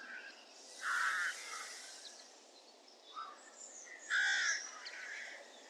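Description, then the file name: Crow caws twice, harsh and rasping, about three seconds apart, over constant wind-like background noise. Crows at Market Weighton on 7 June 2014. "Crows Market Weigton 07 june 2014"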